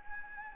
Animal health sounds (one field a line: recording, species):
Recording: mosquito wingbeat signal from an infrared sensor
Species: Anopheles gambiae